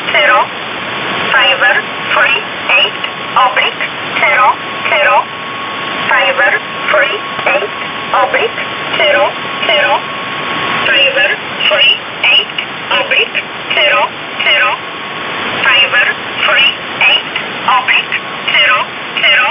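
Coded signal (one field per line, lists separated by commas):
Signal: numbers station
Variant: E11 Oblique, English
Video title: 27 05 2019 E11 Oblique Numbers station in English 0900 on 7439 unknown tx site in USB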